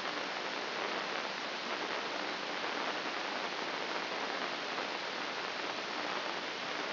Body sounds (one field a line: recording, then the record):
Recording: brain microelectrode recording played as sound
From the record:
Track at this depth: inside the subthalamic nucleus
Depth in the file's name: 3.232 mm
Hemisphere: left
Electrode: 3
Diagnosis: Parkinson's disease